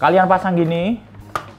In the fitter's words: bunyi klik Nah setelah bunyi klik kalian bisa langsung pasang alat yang ini nih